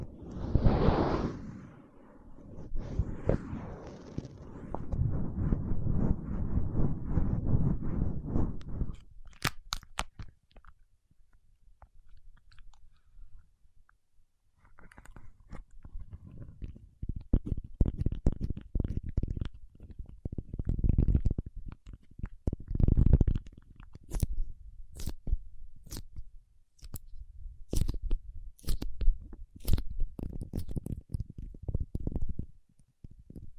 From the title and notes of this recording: ASMR Paraffin Wax Peeling, Tapping and Scratching (No Talking).